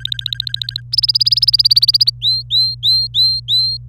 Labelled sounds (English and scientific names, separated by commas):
Domestic Canary (Serinus canaria) song